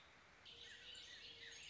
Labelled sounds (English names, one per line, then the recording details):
Warbling Vireo
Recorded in Sonoma County, California